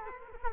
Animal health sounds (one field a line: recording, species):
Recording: mosquito wingbeat signal from an infrared sensor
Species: Culex quinquefasciatus